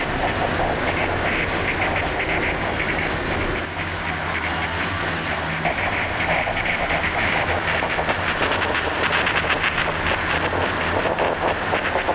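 Renovation work in a kitchen: a loud, steady mechanical roar fills the whole clip, with a low droning hum underneath and a fast, even rattling pulse running through it. Around four seconds the sound shifts slightly but carries on without pause.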